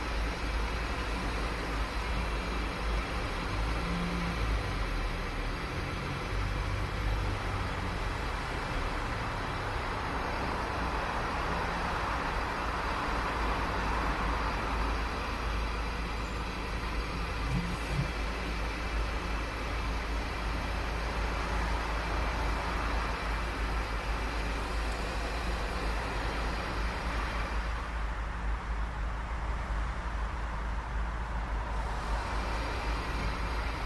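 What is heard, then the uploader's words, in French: A walk beside a busy road, with a dense, steady wash of traffic filling the whole clip at an even level. Low rumble from passing vehicles dominates, with brief higher tones near 4 and 17 seconds and a slight thinning of the hiss around 28 to 32 seconds. Carte subjective de Neder-Over-Hembeek.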